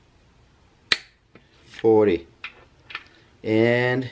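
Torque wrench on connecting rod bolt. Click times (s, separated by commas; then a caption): 0.9 s. A click-type torque wrench tightens a connecting rod cap bolt to 40 ft-lb during piston installation on a 2G Eclipse engine build. The wrench clicks with a loud, sharp snap at 0.9 s, followed by a few faint ticks while someone talks. The bolt reaches its 40 ft-lb torque.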